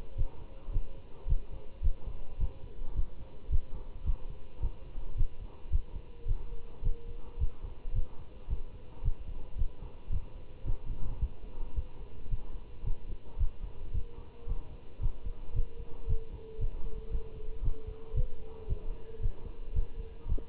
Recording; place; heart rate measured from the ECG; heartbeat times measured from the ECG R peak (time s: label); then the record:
heart sounds by stethoscope; between the tricuspid and mitral areas; 110 bpm
0.18 s: heartbeat
0.73 s: heartbeat
1.29 s: heartbeat
1.83 s: heartbeat
2.40 s: heartbeat
2.96 s: heartbeat
3.52 s: heartbeat
4.06 s: heartbeat
4.62 s: heartbeat
5.17 s: heartbeat
5.72 s: heartbeat
6.28 s: heartbeat
6.84 s: heartbeat
7.40 s: heartbeat
7.95 s: heartbeat
8.50 s: heartbeat
9.04 s: heartbeat
9.58 s: heartbeat
10.12 s: heartbeat
10.66 s: heartbeat
11.21 s: heartbeat
11.76 s: heartbeat
12.31 s: heartbeat
12.85 s: heartbeat
13.39 s: heartbeat
13.94 s: heartbeat
14.48 s: heartbeat
15.02 s: heartbeat
15.56 s: heartbeat
16.09 s: heartbeat
16.61 s: heartbeat
17.12 s: heartbeat
17.64 s: heartbeat
18.16 s: heartbeat
18.69 s: heartbeat
19.22 s: heartbeat
19.75 s: heartbeat
20.29 s: heartbeat
From the record:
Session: Bruce protocol treadmill stress test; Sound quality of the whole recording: good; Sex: male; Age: 25 years